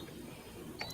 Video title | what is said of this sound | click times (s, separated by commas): How to check and adjust click style Craftsman torque wrench calibration | ½ inch in, clicks. | 0.8 s